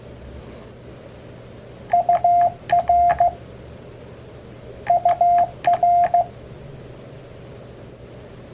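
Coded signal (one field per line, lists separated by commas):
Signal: Morse code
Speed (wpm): 16 wpm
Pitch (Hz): 700 Hz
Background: none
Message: UR UR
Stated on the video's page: Morse code abbreviations lesson sent on an Elecraft KX3 with KXPD3 paddle.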